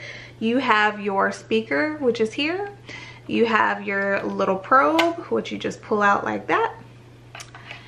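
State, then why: Seated. A handheld fetal Doppler probe is pulled out of its cradle on the unit while someone talks, then pushed back into its holder. A few soft handling sounds at about 7.4 and 7.6 seconds lead to a sharp, short snap at 7.7 seconds as the probe seats back in the holder.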